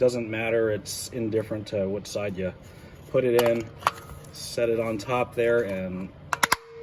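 Someone talks while a new paper oil filter element for a 2022 Hyundai Tucson is set on top of its plastic engine oil filter housing cap. A few brief sharp taps from handling come near the end at about 6.3, 6.4 and 6.5 seconds. Nothing has seated or clicked into place yet.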